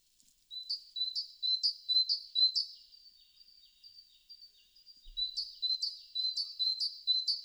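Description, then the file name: Great tit calls: a quick run of bright, high, clipped notes about twice a second, then quieter faint notes, then another ringing series. "Parus major"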